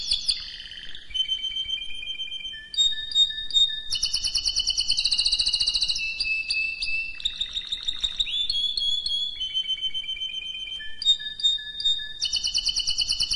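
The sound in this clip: Canary song: a long, varied run of high trills, rapid rattling rolls and pure whistled notes, each phrase repeated quickly before switching to a new one; no other sounds.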